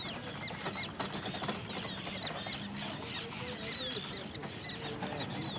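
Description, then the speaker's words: Common terns giving harsh, grating calls from several birds passing, overlapping and repeated throughout, with a low rumble of background noise beneath. Flying over in Ireland's busiest port on a summer evening; the port colony held just over 550 pairs of common and Arctic terns this year, mostly common terns. "Yeah, you can hear them there. That's common terns."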